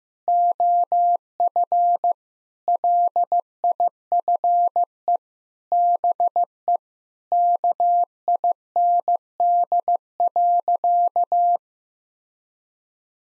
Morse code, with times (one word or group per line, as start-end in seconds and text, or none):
0.3-2.1 OF
2.7-5.2 LIFE
5.7-6.8 BE
7.3-11.6 KIND.